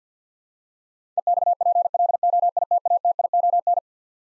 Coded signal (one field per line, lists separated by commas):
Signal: Morse code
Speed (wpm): 50 wpm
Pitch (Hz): 700 Hz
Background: none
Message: EXPLOITATION